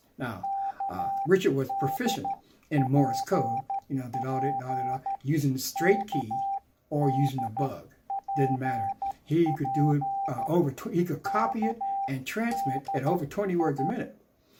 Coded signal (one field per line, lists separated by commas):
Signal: Morse code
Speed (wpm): 13 wpm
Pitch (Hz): 790 Hz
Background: speech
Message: KDPP KDPP KDI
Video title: Ham Radio